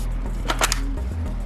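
A removable e-bike battery pack is set bottom-first into its bike frame mount and pushed in, with a couple of short knocks at about 0.5 s and 0.6 s over a steady low hum. It snaps into place with a sharp click at 0.7 s and is seated.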